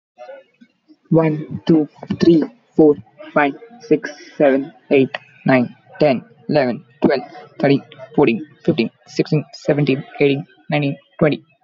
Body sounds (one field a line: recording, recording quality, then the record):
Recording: counting at a normal pace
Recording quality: moderate, slight background noise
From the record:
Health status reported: exposed to COVID-19, no respiratory illness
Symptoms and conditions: none ticked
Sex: male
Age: 24 years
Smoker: not ticked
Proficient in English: yes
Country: India